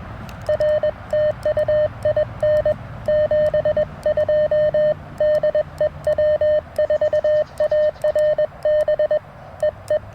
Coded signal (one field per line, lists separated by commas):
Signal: Morse code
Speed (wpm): 21 wpm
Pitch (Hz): 610 Hz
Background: none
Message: R TU IN 72 DE W4ARB EE